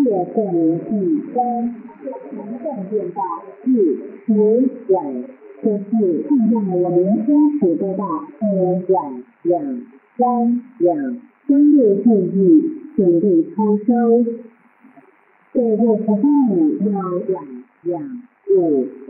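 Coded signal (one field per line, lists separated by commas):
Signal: numbers station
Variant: V13, Chinese military reading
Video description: Star Broadcasting Station is a Taiwan clandestine shortwave number station which send instructions to agencies/spies working in P. R. C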